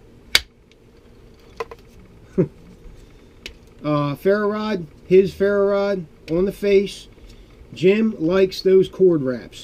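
A fixed-blade knife with curly birch handles is pushed into a kydex sheath and snaps home with a loud, sharp click at 0.4 s, confirming it is seated again. Fainter ticks and handling taps follow at about 1.6 s, 2.4 s and 3.5 s, and then someone talks.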